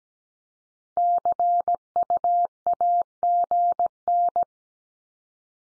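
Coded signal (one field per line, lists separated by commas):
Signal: Morse code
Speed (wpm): 17 wpm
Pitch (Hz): 700 Hz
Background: none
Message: CUAGN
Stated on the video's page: Morse code abbreviation head-copy drill at 17 wpm, each sent in Morse, spoken, then sent again.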